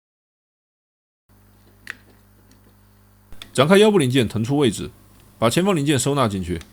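The lower panel of a Taiqu 055-D Xuanchi Nanchang ship 101 alloy transforming robot toy is swung around and clipped closed onto the body, giving a single sharp snap at 1.9 s against a quiet background. The panel seats shut, and someone talks from about 3.5 s onward.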